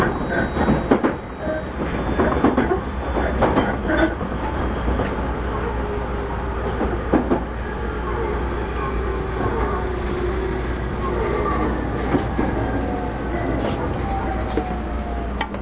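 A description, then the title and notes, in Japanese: A steady low rumble from inside a moving commuter train, with rhythmic clattering over rail joints during the first few seconds. Later the ride smooths out, and thin, drawn-out squeals from the wheels or motors rise and fade around the middle of the clip. 東武30000系 渋谷〜あざみ野。車体20m両開き4ドア、車体は軽量ステンレス製鋼体であり。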